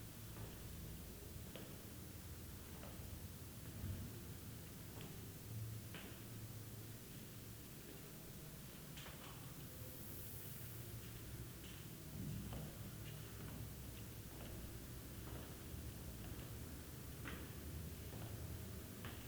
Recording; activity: daily activity, guitar pickup as the sensor; go downstairs